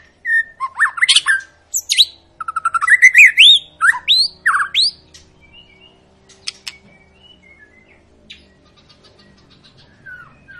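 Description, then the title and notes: White-rumped shama song: rich varied whistles with rising and falling notes, quick phrases for five seconds, then softer scattered notes and quiet pauses. Long, lively lure song of a white-rumped shama, used to prompt other birds to sing. "Pancingan Murai Batu Gacor Panjang. muraiku"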